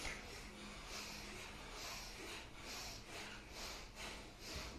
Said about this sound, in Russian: Вы на вдохе открываете крышечку, на выдохе голову продуваете. Две точки верхние. Кто может, удерживает 4 точки. У него такая комбинированная крышка будет. Маленькая и большая. Поехали, дышим бхастрику.